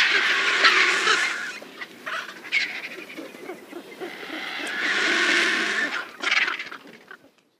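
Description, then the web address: Griffon vulture making loud hoarse hissing squeals in two main bouts, with rougher grating calls around them. "Schulze Peter Eurasian Griffon"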